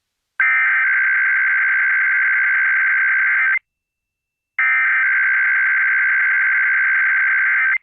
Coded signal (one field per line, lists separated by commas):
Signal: Emergency Alert System (SAME) tones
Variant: header bursts